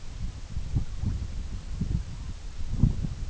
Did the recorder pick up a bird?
no